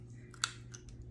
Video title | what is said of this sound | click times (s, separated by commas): Extremely happy with Pop On!🤩 | Hear it. Pop it snap. Good to go. | 0.4 s